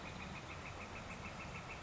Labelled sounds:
Northern Flicker (Colaptes auratus)

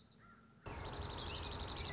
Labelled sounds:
Dark-eyed Junco (Junco hyemalis)

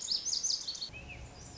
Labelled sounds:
Lazuli Bunting (Passerina amoena)

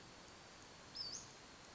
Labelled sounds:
Western Flycatcher (Empidonax difficilis)

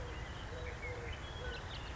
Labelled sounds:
Eurasian Collared Dove (Streptopelia decaocto)

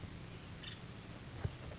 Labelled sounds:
Nuttall's Woodpecker (Dryobates nuttallii)

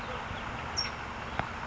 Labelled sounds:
California Towhee (Melozone crissalis)

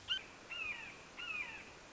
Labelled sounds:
Red-shouldered Hawk (Buteo lineatus)

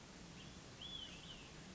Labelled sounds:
Olive-sided Flycatcher (Contopus cooperi)

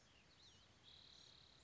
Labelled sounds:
Spotted Towhee (Pipilo maculatus)

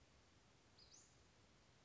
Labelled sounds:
Western Flycatcher (Empidonax difficilis)

